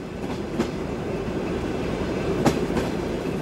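A train travelling from Berlin to Moscow in August 1952 rumbles steadily along the rails, its low continuous roar broken by a few sharp metallic clacks from the wheels, with no voices present.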